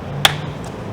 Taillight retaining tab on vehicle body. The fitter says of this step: hear a click, release.